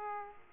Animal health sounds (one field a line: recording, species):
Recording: mosquito wingbeat signal from an infrared sensor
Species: Aedes aegypti